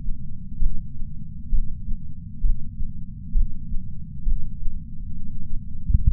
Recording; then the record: heart sounds by patch sensor on the chest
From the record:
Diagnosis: coronary artery disease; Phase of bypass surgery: intraoperative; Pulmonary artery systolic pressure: 22 mmHg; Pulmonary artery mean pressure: 15 mmHg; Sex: female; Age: 60 years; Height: 158 cm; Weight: 54 kg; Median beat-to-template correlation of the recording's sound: 0.93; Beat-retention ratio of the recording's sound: 0.95